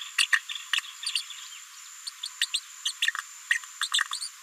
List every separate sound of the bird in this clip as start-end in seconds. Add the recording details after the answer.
0.17-0.27, 0.32-0.40, 0.73-0.81, 2.06-2.10, 2.23-2.29, 2.41-2.47, 2.53-2.60, 2.85-2.92, 3.01-3.12, 3.49-3.59, 3.81-3.89, 4.10-4.29. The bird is a female. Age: 36 days. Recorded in a nest box in Venezuela. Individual 17B73B4